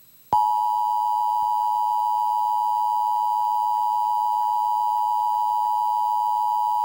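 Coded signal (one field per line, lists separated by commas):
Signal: Emergency Alert System (SAME) tones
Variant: 853 and 960 Hz attention tone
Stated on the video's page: Fictional NOAA Weather Radio station alert around a nuclear event.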